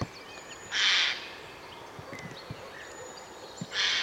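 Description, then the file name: Eurasian jay giving harsh, rasping screeches, two short bursts about three seconds apart, over a quiet background. "Garrulus glandarius"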